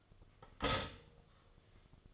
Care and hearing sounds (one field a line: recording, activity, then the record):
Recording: daily activity, microphone in the room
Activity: stop toaster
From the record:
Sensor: 4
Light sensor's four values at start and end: 4/9/3/3 and 4/9/3/3